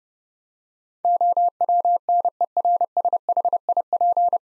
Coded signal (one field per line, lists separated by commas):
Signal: Morse code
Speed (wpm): 32 wpm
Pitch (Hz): 700 Hz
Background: none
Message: OWNERSHIP